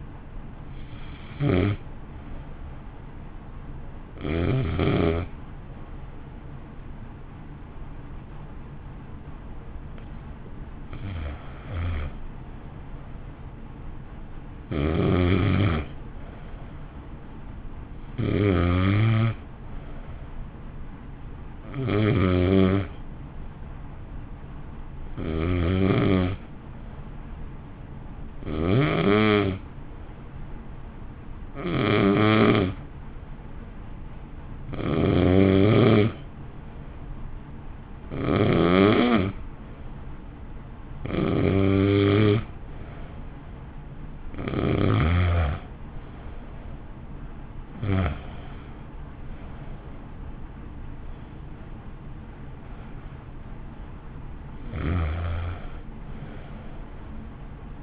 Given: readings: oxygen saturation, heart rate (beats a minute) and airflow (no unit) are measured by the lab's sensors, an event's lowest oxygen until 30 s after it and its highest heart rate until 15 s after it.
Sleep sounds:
breathing in sleep by a smartphone at the bedside; 1
9.00-57.83 s: new sleep stage, N2 (light sleep)
11.00-42.10 s: hypopnea (N2, oxygen 95% highest, then 89% lowest, heart rate 51 at the start, 58 highest)
From the record:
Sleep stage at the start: N1 (lightest sleep); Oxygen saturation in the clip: 87 to 95%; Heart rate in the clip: 51 to 58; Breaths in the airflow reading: 16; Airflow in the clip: -0.8 to 1.1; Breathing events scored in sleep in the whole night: 328 in 6.3 hours asleep

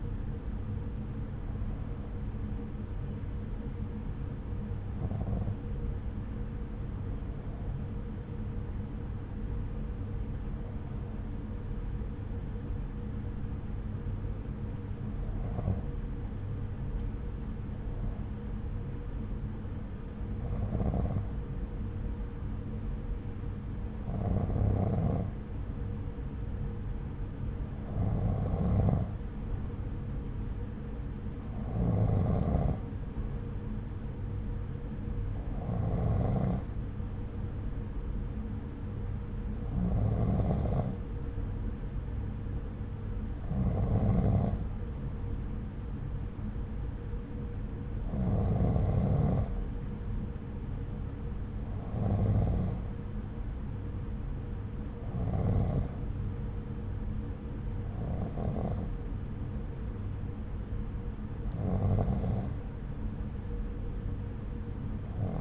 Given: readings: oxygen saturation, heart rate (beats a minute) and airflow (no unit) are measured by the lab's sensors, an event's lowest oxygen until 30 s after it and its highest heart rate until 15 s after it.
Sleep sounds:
breathing in sleep by a smartphone at the bedside; 1
5.00-28.80 s: hypopnea (N1, oxygen 95% highest, then 92% lowest)
58.00-65.41 s: new sleep stage, N2 (light sleep)
From the record:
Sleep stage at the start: N1 (lightest sleep); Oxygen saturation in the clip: 92 to 95%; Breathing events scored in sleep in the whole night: 303 in 8.1 hours asleep

